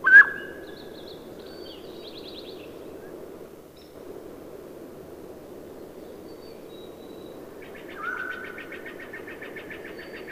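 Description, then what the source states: Mountain quail giving a sharp whistled note at the start, then a softer slurred note about eight seconds later with buzzy trills, over a steady low background hum. Recorded on 3 June 2001.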